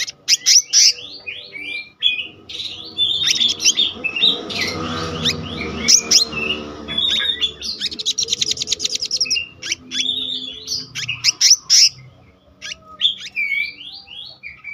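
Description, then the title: Selendang biru songbird delivering a long, fast stream of sharp chirps, buzzy notes and whistled slides, very varied. Singing in the continuous rolling style called gacor ngeroll, with isian (fill-in phrases). "BURUNG SELENDANG BIRU GACOR NGEROLL ISIAN"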